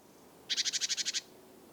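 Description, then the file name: Great tit churring call: a rapid buzzy rattle of about nine harsh pulses lasting under a second, over a quiet background. "Parus major"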